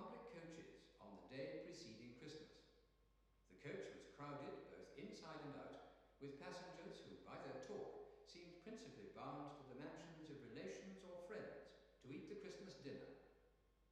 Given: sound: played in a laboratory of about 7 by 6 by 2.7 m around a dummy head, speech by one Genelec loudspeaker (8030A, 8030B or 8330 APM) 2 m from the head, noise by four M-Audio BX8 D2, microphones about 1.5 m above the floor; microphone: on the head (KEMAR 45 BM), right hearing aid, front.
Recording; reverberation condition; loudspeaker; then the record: male speech in English; high; in front (0 degrees)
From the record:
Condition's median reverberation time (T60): about 1300 ms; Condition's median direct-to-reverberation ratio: about -4.0 dB